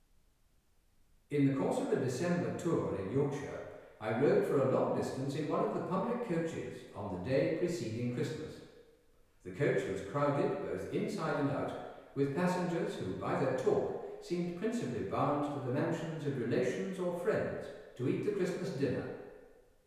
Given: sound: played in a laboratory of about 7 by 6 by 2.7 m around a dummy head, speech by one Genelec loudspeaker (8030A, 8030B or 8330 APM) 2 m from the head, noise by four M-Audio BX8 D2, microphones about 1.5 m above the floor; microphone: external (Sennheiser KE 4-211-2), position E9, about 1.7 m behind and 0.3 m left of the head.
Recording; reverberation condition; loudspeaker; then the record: male speech in English; high; 60 degrees to the right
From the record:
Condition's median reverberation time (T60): about 1300 ms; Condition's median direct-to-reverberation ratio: about -4.0 dB